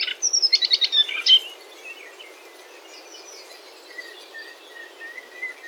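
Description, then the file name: Moustached warbler song: a brisk chattering phrase of rapid notes, then a quiet stretch with soft, rising whistled notes. "mariskenrohrsaenger"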